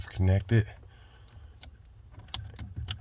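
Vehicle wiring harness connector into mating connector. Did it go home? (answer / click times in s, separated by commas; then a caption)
yes / 2.9 s. A plastic wiring harness connector is pushed into its mating connector during a Start-X remote start installation on a 2013 Dodge Grand Caravan 3.6L. Someone talks briefly at the start, then small plastic clicks and rattles follow. The connector clicks into place at 2.9 s and is seated.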